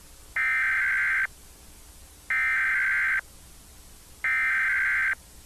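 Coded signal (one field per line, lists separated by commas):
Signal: Emergency Alert System (SAME) tones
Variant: header bursts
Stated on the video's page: Fictional EAS scenario about aliens; not a real alert.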